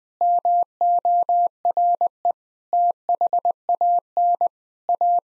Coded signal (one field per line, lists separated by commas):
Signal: Morse code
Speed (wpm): 20 wpm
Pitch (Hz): 700 Hz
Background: none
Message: MORE THAN A